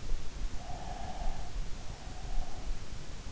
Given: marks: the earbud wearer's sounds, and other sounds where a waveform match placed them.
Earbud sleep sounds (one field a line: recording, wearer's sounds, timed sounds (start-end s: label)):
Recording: sounds in sleep by an in-ear microphone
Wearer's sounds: breath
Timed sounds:
0.66-3.24 s: breath